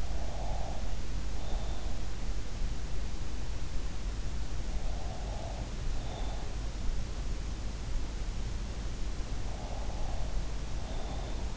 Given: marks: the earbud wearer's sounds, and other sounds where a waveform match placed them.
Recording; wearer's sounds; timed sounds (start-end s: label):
sounds in sleep by an in-ear microphone; breath
0.00-2.23 s: breath
4.76-6.78 s: breath
9.44-11.57 s: breath